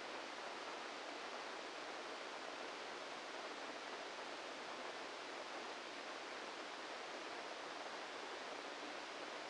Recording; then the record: brain microelectrode recording played as sound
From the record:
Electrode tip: inside the subthalamic nucleus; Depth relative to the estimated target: -2 mm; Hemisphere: left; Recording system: NeuroSet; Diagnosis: Parkinson's disease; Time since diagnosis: 14 years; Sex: male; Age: 51 years